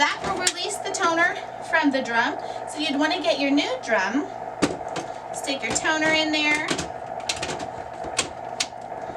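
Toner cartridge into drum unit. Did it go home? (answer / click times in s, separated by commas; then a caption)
yes / 8.6 s. A new toner cartridge is pushed into the new drum unit of a Brother HL5470dw laser printer, after a green button has released the old toner from the drum. Someone talks, then sharp plastic clicks follow, and the toner clicks into place in the drum at 8.6 s.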